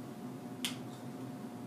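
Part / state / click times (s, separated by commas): cap on a cream dispensing device / released / 0.6 s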